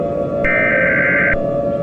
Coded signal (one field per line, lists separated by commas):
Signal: Emergency Alert System (SAME) tones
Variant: header bursts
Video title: a random EAS